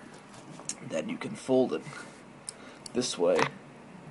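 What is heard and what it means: Someone talks while folding the metal deployant clasp of the steel bracelet on an Omega 2531.80 watch on the wrist, handling it toward closing. A few short, light ticks sound amid the speech, but the clasp has not clicked shut or seated yet.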